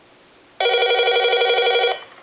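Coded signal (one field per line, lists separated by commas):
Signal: none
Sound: a cordless phone's beeps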